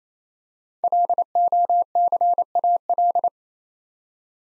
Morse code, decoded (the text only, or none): LOCAL